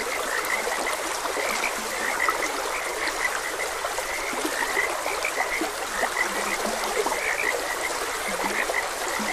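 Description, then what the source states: Frog croaks, repeated low notes and higher chirping calls, over a constant burbling stream. Frogs croaking beside a gentle stream.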